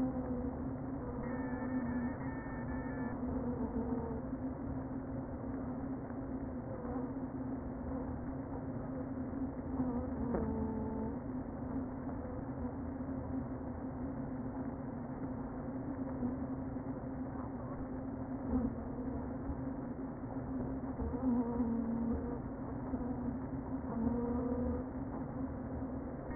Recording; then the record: honeybee colony, microphone inside the hive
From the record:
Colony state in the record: queen present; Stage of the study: before two queens were removed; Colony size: about 60,000 bees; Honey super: yes